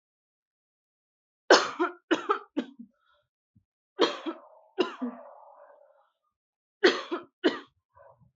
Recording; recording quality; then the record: heavy voluntary cough; excellent, no background noise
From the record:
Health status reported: healthy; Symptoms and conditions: none ticked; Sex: female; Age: 28 years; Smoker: not ticked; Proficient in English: yes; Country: India